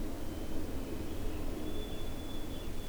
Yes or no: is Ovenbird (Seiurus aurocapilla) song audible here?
no